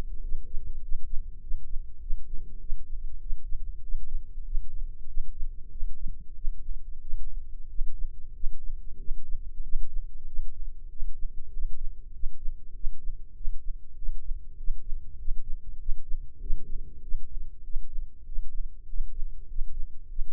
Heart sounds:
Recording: heart sounds by microphone in the right ear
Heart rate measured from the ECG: 97 bpm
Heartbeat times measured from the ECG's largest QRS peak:
0.20 s: heartbeat
0.79 s: heartbeat
1.39 s: heartbeat
1.98 s: heartbeat
2.58 s: heartbeat
3.18 s: heartbeat
3.80 s: heartbeat
4.42 s: heartbeat
5.05 s: heartbeat
5.68 s: heartbeat
6.33 s: heartbeat
6.99 s: heartbeat
7.67 s: heartbeat
8.32 s: heartbeat
8.96 s: heartbeat
9.61 s: heartbeat
10.25 s: heartbeat
10.88 s: heartbeat
11.50 s: heartbeat
12.11 s: heartbeat
12.72 s: heartbeat
13.33 s: heartbeat
13.94 s: heartbeat
14.55 s: heartbeat
15.16 s: heartbeat
15.77 s: heartbeat
16.38 s: heartbeat
17.00 s: heartbeat
17.61 s: heartbeat
18.23 s: heartbeat
18.85 s: heartbeat
19.46 s: heartbeat
20.06 s: heartbeat
From the record:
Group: healthy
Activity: rest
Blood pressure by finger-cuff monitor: 96/67 mmHg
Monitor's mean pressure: 77 mmHg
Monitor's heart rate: 98 bpm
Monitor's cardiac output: 7.7 L/min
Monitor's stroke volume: 79 mL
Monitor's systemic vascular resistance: 720 dyn s/cm5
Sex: male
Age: 19 years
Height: 178 cm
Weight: 83 kg

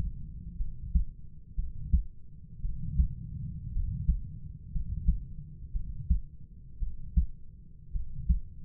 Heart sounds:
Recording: heart sounds by stethoscope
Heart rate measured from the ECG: 57 bpm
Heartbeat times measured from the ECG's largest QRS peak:
0.57 s: heartbeat
1.56 s: heartbeat
2.62 s: heartbeat
3.73 s: heartbeat
4.72 s: heartbeat
5.73 s: heartbeat
6.79 s: heartbeat
7.92 s: heartbeat
From the record:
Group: healthy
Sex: male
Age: 25 years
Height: 170 cm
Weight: 70.4 kg

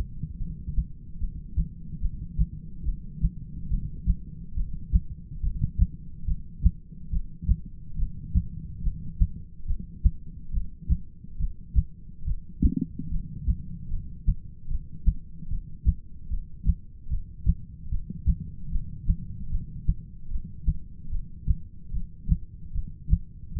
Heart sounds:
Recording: heart sounds by stethoscope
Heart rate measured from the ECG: 73 bpm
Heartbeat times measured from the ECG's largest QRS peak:
0.39 s: heartbeat
1.19 s: heartbeat
2.01 s: heartbeat
2.85 s: heartbeat
3.70 s: heartbeat
4.56 s: heartbeat
5.42 s: heartbeat
6.27 s: heartbeat
7.12 s: heartbeat
7.98 s: heartbeat
8.83 s: heartbeat
9.67 s: heartbeat
10.53 s: heartbeat
11.39 s: heartbeat
12.27 s: heartbeat
13.11 s: heartbeat
13.90 s: heartbeat
14.70 s: heartbeat
15.50 s: heartbeat
16.30 s: heartbeat
17.11 s: heartbeat
17.91 s: heartbeat
18.72 s: heartbeat
19.51 s: heartbeat
20.31 s: heartbeat
21.12 s: heartbeat
21.93 s: heartbeat
22.74 s: heartbeat
23.56 s: heartbeat
From the record:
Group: heart failure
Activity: rest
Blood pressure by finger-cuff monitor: 124/87 mmHg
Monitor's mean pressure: 102 mmHg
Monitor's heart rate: 73 bpm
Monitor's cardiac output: 7.6 L/min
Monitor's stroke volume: 105 mL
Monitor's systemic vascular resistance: 970 dyn s/cm5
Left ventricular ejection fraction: 25%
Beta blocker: metoprolol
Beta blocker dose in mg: 62.5 twice daily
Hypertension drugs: ramipril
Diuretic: furosemide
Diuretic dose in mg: 40 twice daily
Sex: male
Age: 57 years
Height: 180 cm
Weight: 90.5 kg

